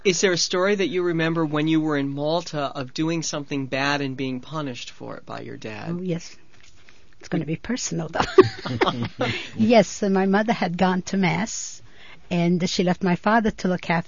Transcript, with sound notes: Is there a story that you remember when you were in Malta of doing something bad and being punished for it by your dad?
Oh, yes. It's going to be personal, though. ( they laugh ) Yes, and my mother had gone to mass, and she left my father to look after me.